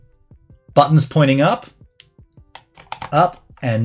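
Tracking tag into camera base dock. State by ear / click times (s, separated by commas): not seated / none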